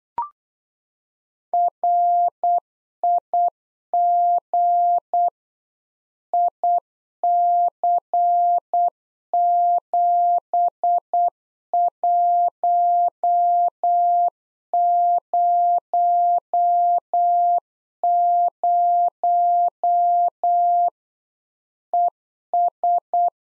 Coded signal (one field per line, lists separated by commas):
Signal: Morse code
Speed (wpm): 8 wpm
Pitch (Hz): 700 Hz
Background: none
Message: RIG IC7100 ES